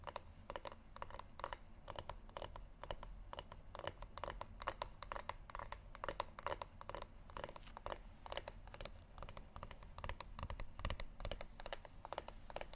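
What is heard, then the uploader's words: Quick, uneven tapping with sharp bright clicks, several per second and nearly constant for the whole clip, over a low steady hum. ASMR Tapping Only Sleep Time（No Talking）.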